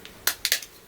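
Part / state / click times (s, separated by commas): sunglass lens unseating from frame groove / released / 0.3 s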